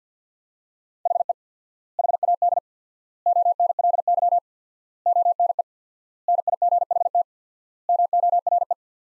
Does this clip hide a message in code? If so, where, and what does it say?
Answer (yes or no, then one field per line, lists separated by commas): yes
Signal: Morse code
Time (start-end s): 1.1-8.7 s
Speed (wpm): 48 wpm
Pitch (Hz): 700 Hz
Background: none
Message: HE HAD ONLY ONE NIGHT MORE